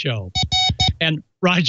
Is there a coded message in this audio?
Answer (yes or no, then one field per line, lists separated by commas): no